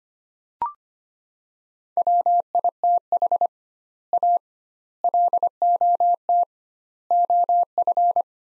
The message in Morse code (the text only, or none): WITH A LOT OF